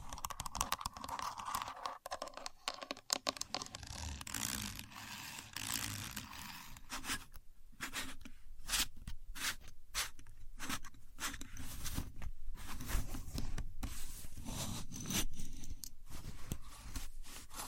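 A contour gauge being worked, with dense scraping and rubbing sounds from its many sliding pins. The friction noise comes in quick bursts and short strokes throughout, bright and gritty, with a low rumble underneath and brief quieter gaps, especially around eight and twelve seconds.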